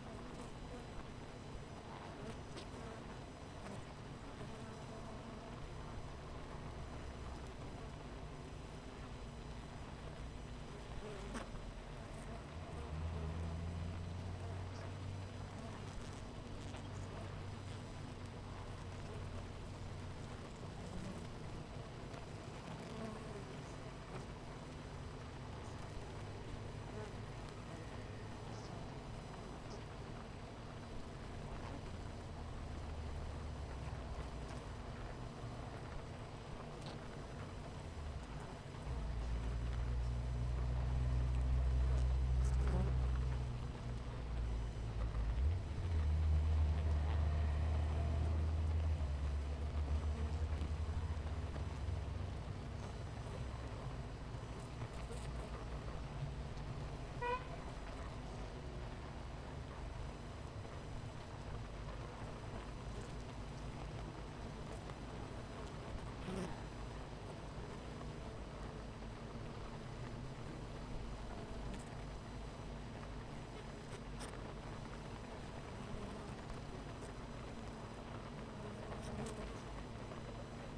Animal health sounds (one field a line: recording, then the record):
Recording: honeybee colony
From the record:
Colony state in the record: missing queen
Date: 14 July 2017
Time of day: 9:15